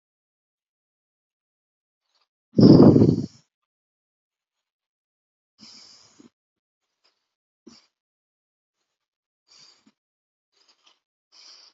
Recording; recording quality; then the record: shallow breathing; excellent, no background noise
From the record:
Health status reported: recovered from COVID-19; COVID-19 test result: positive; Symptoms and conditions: none ticked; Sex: male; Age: 27 years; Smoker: not ticked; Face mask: worn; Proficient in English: yes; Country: India